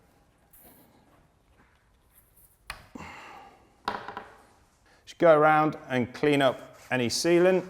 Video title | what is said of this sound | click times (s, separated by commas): How to set up tubeless road tyres | empty the whole cartridge into the tire we should see it pop into place on the rim | 2.7 s, 3.9 s